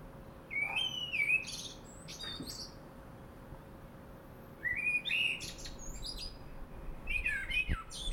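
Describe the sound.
Common blackbird singing three melodious warbles, each a low fluted run then a bright high twitter.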